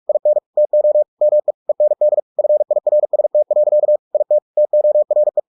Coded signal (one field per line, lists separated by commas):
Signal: Morse code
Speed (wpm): 46 wpm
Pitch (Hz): 600 Hz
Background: none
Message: IN TO ME END FIRST. IT TORE